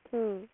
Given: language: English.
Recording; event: throat vibration sensor signal played as sound; speech